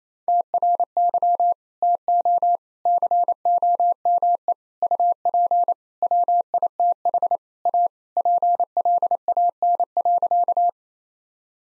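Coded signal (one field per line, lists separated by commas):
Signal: Morse code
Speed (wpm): 28 wpm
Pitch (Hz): 700 Hz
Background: none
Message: TRY TO COME UP WITH A PLAN.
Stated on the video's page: Morse practice sentences of common four-word phrases at 28 wpm for head-copy training, each sent, then spoken, then sent again.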